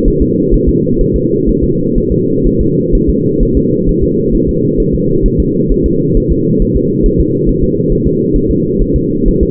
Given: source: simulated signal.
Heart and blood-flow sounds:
fetal heart sounds
0.08 s: S1
0.22 s: S2
0.54 s: S1
0.69 s: S2
1.01 s: S1
1.16 s: S2
1.49 s: S1
1.64 s: S2
1.98 s: S1
2.12 s: S2
2.47 s: S1
2.61 s: S2
2.95 s: S1
3.10 s: S2
3.43 s: S1
3.57 s: S2
3.89 s: S1
4.03 s: S2
4.35 s: S1
4.49 s: S2
4.80 s: S1
4.94 s: S2
5.26 s: S1
5.40 s: S2
5.72 s: S1
5.86 s: S2
6.17 s: S1
6.32 s: S2
6.62 s: S1
6.77 s: S2
7.06 s: S1
7.21 s: S2
7.49 s: S1
7.64 s: S2
7.92 s: S1
8.07 s: S2
8.36 s: S1
8.51 s: S2
8.81 s: S1
8.96 s: S2
9.28 s: S1
9.43 s: S2
From the record:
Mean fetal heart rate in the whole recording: 130 bpm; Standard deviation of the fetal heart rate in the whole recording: 4 bpm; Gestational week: 38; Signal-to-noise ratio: -11.2 dB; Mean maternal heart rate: 72 bpm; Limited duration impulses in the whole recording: present

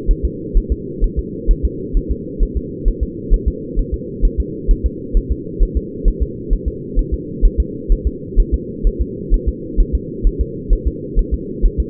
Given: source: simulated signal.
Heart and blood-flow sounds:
fetal heart sounds
0.11 s: S1
0.25 s: S2
0.57 s: S1
0.72 s: S2
1.04 s: S1
1.19 s: S2
1.51 s: S1
1.65 s: S2
1.97 s: S1
2.11 s: S2
2.43 s: S1
2.57 s: S2
2.88 s: S1
3.03 s: S2
3.34 s: S1
3.48 s: S2
3.79 s: S1
3.94 s: S2
4.25 s: S1
4.40 s: S2
4.71 s: S1
4.86 s: S2
5.17 s: S1
5.32 s: S2
5.62 s: S1
5.77 s: S2
6.08 s: S1
6.22 s: S2
6.53 s: S1
6.68 s: S2
6.99 s: S1
7.14 s: S2
7.45 s: S1
7.60 s: S2
7.92 s: S1
8.07 s: S2
8.39 s: S1
8.54 s: S2
8.87 s: S1
9.01 s: S2
9.34 s: S1
9.48 s: S2
9.80 s: S1
9.95 s: S2
10.27 s: S1
10.41 s: S2
10.73 s: S1
10.87 s: S2
11.19 s: S1
11.34 s: S2
11.66 s: S1
11.80 s: S2
From the record:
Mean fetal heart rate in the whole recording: 130 bpm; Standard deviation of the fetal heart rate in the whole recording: 2 bpm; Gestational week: 38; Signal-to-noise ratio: -4.1 dB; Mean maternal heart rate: no maternal heart sound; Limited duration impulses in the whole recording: absent

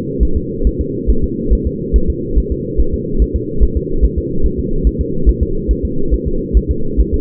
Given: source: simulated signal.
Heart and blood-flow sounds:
fetal heart sounds
0.23 s: S1
0.37 s: S2
0.67 s: S1
0.81 s: S2
1.10 s: S1
1.24 s: S2
1.53 s: S1
1.67 s: S2
1.96 s: S1
2.10 s: S2
2.38 s: S1
2.52 s: S2
2.80 s: S1
2.94 s: S2
3.22 s: S1
3.36 s: S2
3.63 s: S1
3.77 s: S2
4.05 s: S1
4.18 s: S2
4.46 s: S1
4.60 s: S2
4.87 s: S1
5.01 s: S2
5.29 s: S1
5.43 s: S2
5.71 s: S1
5.85 s: S2
6.14 s: S1
6.28 s: S2
6.57 s: S1
6.71 s: S2
7.00 s: S1
7.14 s: S2
From the record:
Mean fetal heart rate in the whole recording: 140 bpm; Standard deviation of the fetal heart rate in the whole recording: 2 bpm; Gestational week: 34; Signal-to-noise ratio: -8.1 dB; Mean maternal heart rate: 72 bpm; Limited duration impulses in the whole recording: absent

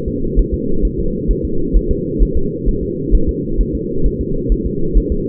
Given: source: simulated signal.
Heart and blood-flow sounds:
fetal heart sounds
0.08 s: S2
0.39 s: S1
0.54 s: S2
0.85 s: S1
1.00 s: S2
1.31 s: S1
1.45 s: S2
1.76 s: S1
1.91 s: S2
2.22 s: S1
2.37 s: S2
2.69 s: S1
2.83 s: S2
3.15 s: S1
3.29 s: S2
3.61 s: S1
3.75 s: S2
4.06 s: S1
4.21 s: S2
4.52 s: S1
4.67 s: S2
4.97 s: S1
5.12 s: S2
From the record:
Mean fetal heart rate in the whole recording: 130 bpm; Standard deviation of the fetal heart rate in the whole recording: 2 bpm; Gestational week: 36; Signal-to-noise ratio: -8.1 dB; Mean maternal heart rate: 72 bpm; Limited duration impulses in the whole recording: absent

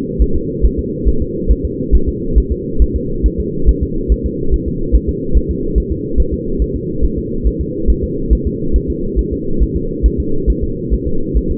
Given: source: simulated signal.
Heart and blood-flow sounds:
fetal heart sounds
0.22 s: S1
0.36 s: S2
0.65 s: S1
0.79 s: S2
1.08 s: S1
1.22 s: S2
1.51 s: S1
1.65 s: S2
1.95 s: S1
2.08 s: S2
2.38 s: S1
2.52 s: S2
2.82 s: S1
2.96 s: S2
3.26 s: S1
3.40 s: S2
3.69 s: S1
3.83 s: S2
4.12 s: S1
4.26 s: S2
4.54 s: S1
4.68 s: S2
4.95 s: S1
5.09 s: S2
5.37 s: S1
5.50 s: S2
5.78 s: S1
5.92 s: S2
6.20 s: S1
6.34 s: S2
6.62 s: S1
6.76 s: S2
7.05 s: S1
7.18 s: S2
7.47 s: S1
7.61 s: S2
7.90 s: S1
8.04 s: S2
8.33 s: S1
8.47 s: S2
8.76 s: S1
8.90 s: S2
9.19 s: S1
9.33 s: S2
9.62 s: S1
9.76 s: S2
10.06 s: S1
10.20 s: S2
10.50 s: S1
10.64 s: S2
10.94 s: S1
11.07 s: S2
11.37 s: S1
11.51 s: S2
From the record:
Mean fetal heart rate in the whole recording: 140 bpm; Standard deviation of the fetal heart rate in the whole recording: 2 bpm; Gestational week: 34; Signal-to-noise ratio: -8.1 dB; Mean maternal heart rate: 72 bpm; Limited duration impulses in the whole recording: absent

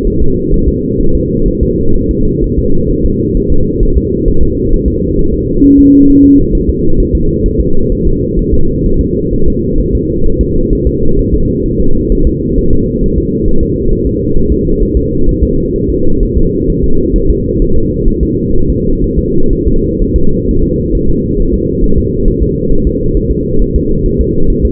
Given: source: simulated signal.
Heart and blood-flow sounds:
fetal heart sounds
0.07 s: S1
0.22 s: S2
0.54 s: S1
0.68 s: S2
1.01 s: S1
1.15 s: S2
1.48 s: S1
1.63 s: S2
1.96 s: S1
2.11 s: S2
2.44 s: S1
2.59 s: S2
2.91 s: S1
3.06 s: S2
3.37 s: S1
3.52 s: S2
3.83 s: S1
3.97 s: S2
4.28 s: S1
4.43 s: S2
4.74 s: S1
4.88 s: S2
5.19 s: S1
5.34 s: S2
5.65 s: S1
5.79 s: S2
6.10 s: S1
6.24 s: S2
6.55 s: S1
6.69 s: S2
7.00 s: S1
7.15 s: S2
7.46 s: S1
7.60 s: S2
7.92 s: S1
8.07 s: S2
8.39 s: S1
8.54 s: S2
8.86 s: S1
9.01 s: S2
9.34 s: S1
9.48 s: S2
9.80 s: S1
9.95 s: S2
10.27 s: S1
10.41 s: S2
10.73 s: S1
10.87 s: S2
11.19 s: S1
11.34 s: S2
11.66 s: S1
11.80 s: S2
12.12 s: S1
12.27 s: S2
12.58 s: S1
12.73 s: S2
13.04 s: S1
13.18 s: S2
13.48 s: S1
13.63 s: S2
13.93 s: S1
14.07 s: S2
14.37 s: S1
14.52 s: S2
14.83 s: S1
14.97 s: S2
15.29 s: S1
15.43 s: S2
15.76 s: S1
15.90 s: S2
16.23 s: S1
16.38 s: S2
16.70 s: S1
16.84 s: S2
17.16 s: S1
17.30 s: S2
17.62 s: S1
17.76 s: S2
18.08 s: S1
18.23 s: S2
18.56 s: S1
18.70 s: S2
19.04 s: S1
19.19 s: S2
19.53 s: S1
19.68 s: S2
20.01 s: S1
20.16 s: S2
20.49 s: S1
20.63 s: S2
20.95 s: S1
21.09 s: S2
21.40 s: S1
21.54 s: S2
21.84 s: S1
21.98 s: S2
22.28 s: S1
22.43 s: S2
22.72 s: S1
22.87 s: S2
23.17 s: S1
23.31 s: S2
23.62 s: S1
23.76 s: S2
24.06 s: S1
24.21 s: S2
24.50 s: S1
24.65 s: S2
From the record:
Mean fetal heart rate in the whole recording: 130 bpm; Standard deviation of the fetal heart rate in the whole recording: 4 bpm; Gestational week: 38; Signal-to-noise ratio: -19.1 dB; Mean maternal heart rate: 72 bpm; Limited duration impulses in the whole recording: present

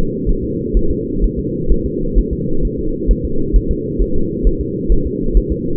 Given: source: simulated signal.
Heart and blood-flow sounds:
fetal heart sounds
0.29 s: S1
0.44 s: S2
0.77 s: S1
0.91 s: S2
1.24 s: S1
1.39 s: S2
1.72 s: S1
1.86 s: S2
2.18 s: S1
2.33 s: S2
2.65 s: S1
2.79 s: S2
3.11 s: S1
3.25 s: S2
3.56 s: S1
3.71 s: S2
4.01 s: S1
4.16 s: S2
4.47 s: S1
4.61 s: S2
4.92 s: S1
5.06 s: S2
5.37 s: S1
5.52 s: S2
From the record:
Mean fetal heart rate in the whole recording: 130 bpm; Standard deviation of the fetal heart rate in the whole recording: 2 bpm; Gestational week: 36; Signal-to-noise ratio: -8.1 dB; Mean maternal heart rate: 72 bpm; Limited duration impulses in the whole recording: absent

